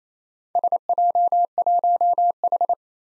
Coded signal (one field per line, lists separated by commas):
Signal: Morse code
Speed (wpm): 27 wpm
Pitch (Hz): 700 Hz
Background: none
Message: SJ1H